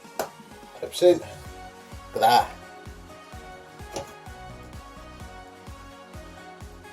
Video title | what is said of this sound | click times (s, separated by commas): PC BUILD FX-6300 - AMD Computer 2016 | push one side, clips in, look | 0.2 s